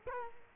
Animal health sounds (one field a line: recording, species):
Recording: mosquito wingbeat signal from an infrared sensor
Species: Culex quinquefasciatus